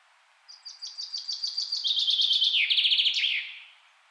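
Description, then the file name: Common chaffinch singing one phrase: a series of sharp notes speeding up and stepping down into a rattling trill, closed by a quick terminal flourish. "Fringilla coelebs"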